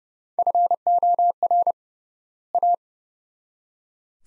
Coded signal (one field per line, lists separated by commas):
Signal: Morse code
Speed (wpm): 30 wpm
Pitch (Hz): 700 Hz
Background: none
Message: FOR A